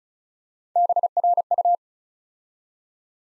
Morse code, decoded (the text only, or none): BRU